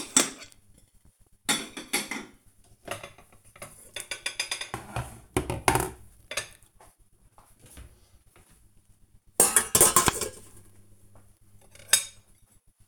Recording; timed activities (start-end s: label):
household activities, microphone on the right wrist
0.00-12.88 s: putting away the dishes